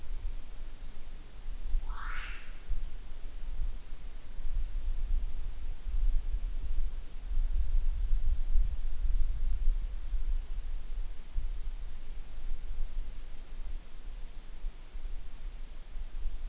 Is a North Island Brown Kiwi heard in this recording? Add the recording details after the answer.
yes. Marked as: faintness 1/5. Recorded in New Zealand on 8 June 2013. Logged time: 02:19